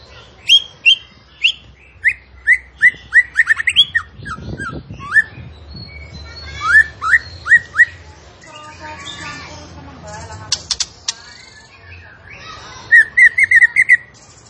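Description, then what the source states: Zebra finch song: bright whistled notes repeated in quick runs, with a burst of buzzy chatter and sharp clicks in the middle, then a fast run of whistled notes at the end. Vigorously singing (gacor) bird from a masteran recording used to train kept songbirds.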